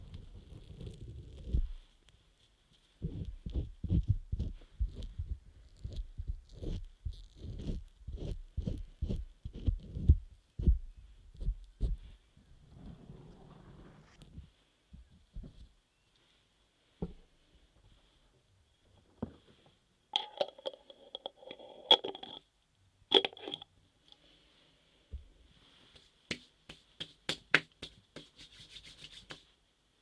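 Ear massage sounds with rubbing, stroking and tapping. The first half is a dense run of low, muffled rubs and thumps in quick succession, then it thins to scattered taps. After about 20 seconds, brighter scratchy strokes and crisp clicks cluster in bursts.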